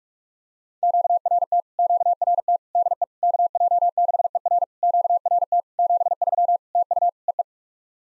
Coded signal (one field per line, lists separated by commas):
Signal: Morse code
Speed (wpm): 44 wpm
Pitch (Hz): 700 Hz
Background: none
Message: QRT QRT DE KJ6ER QRT 73 TU EE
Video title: POTA QSO Practice - 45wpm